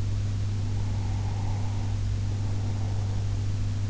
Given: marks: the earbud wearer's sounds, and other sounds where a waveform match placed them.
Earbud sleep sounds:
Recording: sounds in sleep by an in-ear microphone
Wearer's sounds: breath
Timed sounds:
0.88-3.82 s: breath

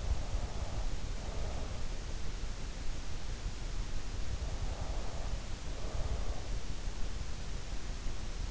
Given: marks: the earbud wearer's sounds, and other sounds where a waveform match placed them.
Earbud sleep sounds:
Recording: sounds in sleep by an in-ear microphone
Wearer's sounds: breath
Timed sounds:
0.00-1.90 s: breath
4.46-6.42 s: breath

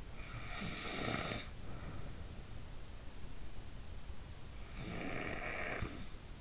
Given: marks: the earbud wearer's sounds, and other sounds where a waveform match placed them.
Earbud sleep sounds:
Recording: sounds in sleep by an in-ear microphone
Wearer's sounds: breath, snoring breath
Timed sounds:
0.41-2.64 s: breath
4.42-6.41 s: snoring breath

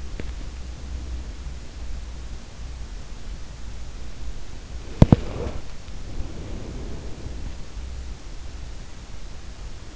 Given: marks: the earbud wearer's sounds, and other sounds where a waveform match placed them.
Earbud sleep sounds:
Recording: sounds in sleep by an in-ear microphone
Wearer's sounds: teeth grinding, body movement, breath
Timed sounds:
0.00-0.46 s: teeth grinding
4.64-5.75 s: body movement
5.09-7.83 s: breath

